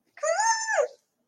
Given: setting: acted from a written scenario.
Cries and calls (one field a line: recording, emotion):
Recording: vocal sound without words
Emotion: elation